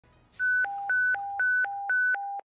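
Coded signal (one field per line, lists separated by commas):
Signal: pager alert tone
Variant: hi-lo alternating alert tone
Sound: hi-lo warbling alert, high and low tones alternating about four times each over two seconds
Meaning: Alert to the units dispatched to a hazmat investigation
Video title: Hazmat Investigation Tone Out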